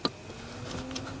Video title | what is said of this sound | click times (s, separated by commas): 2008 Ford F350 Fan Will Not Work | and then you know you're on all the way you can hear it snap when it pops in | 0.1 s